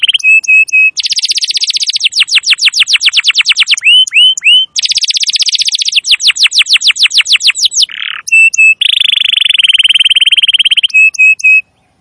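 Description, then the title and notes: Canary song alternating buzzy trills, fast runs of sweeping notes and short whistled notes, loud and nearly continuous. Long, highly active canary song used as a master recording for luring wild canaries. "Pikat Kenari GACOR PANJANG INI Cocok Untuk Masteran KENARI LIAR. Masteran burung kenari gacor parah"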